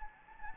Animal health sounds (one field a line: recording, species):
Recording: mosquito wingbeat signal from an infrared sensor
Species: Anopheles gambiae